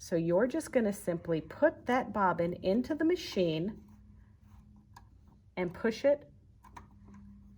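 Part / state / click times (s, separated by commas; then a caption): bobbin into sewing machine bobbin case / seated / 6.8 s. Someone talks while a loaded bobbin is pushed into the bobbin case of a BERNINA 4, 5 or 7 Series sewing machine. A short click at 6.8 s marks the bobbin seating into place.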